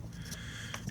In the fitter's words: just make sure that we get it snapped fully back into place we hear it lock